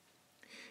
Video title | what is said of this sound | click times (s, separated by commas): Assembling the Televes DAT790 LR UHF Antenna | push the black plastic part down and push it down firmly until you actually get a little click or as they like to say clack | 0.4 s